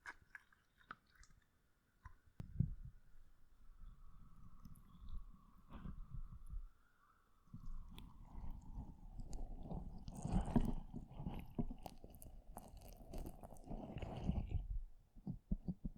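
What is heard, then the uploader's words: Slime squished and pressed against a microphone makes dense wet crackling and low rumbling bursts, with a faint falling tone and brief pauses. ASMR SLIME ON THE MICROPHONE (SUPER TINGLY).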